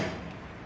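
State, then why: Not seated. An en bloc clip is pushed into the receiver of an M1 Garand rifle whose worn clip lock bar does not catch it. Over 0.7 seconds there is only a steady, low broadband rumble with no sharp transient. Nothing has seated or clicked yet, and the clip fails to lock in.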